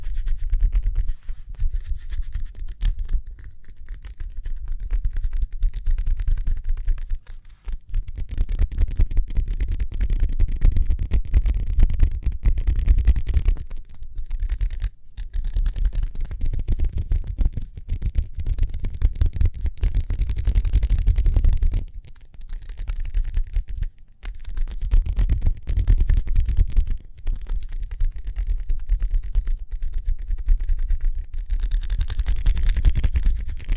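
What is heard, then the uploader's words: Speedy hand sounds: fast, dense rubbing and scratching with a crackly, brushing texture over a heavy low rumble. The motion runs in long bursts, broken by brief pauses near 7, 14, 22 and 24 seconds, then starts again at full pace. ASMR Speedy Hand Sounds (No Talking).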